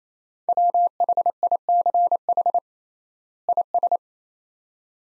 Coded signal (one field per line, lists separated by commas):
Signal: Morse code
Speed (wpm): 28 wpm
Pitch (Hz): 700 Hz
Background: none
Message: WHICH IS